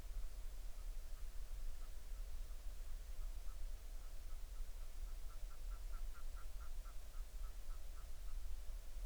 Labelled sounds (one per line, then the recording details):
waterfowl
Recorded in the Arctic National Wildlife Refuge, Alaska, on 20 July 2019 at 02:38
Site 38